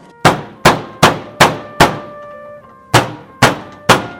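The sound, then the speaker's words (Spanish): Loud, sharp knocks on a door: five evenly spaced raps, a brief pause, then three more, each hit ringing briefly with a woody resonance. No voices. “vaya a ver quién toca la puerta.”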